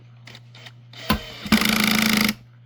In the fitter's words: cuz I'm going to I'm going to screw this in. But you'll hear it click